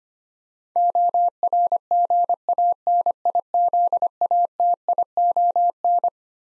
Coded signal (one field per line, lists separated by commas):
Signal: Morse code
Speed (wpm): 25 wpm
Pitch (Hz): 700 Hz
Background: none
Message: ORGANIZATION